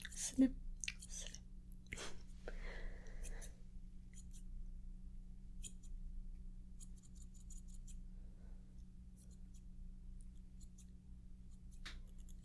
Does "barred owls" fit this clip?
no